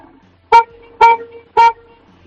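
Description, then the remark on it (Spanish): Three short, evenly spaced car horn toots, each a bright, loud harmonic blast lasting a fraction of a second, with quiet gaps between them. “Dale tres toquecillos cortos a ver cómo suena tu coche.”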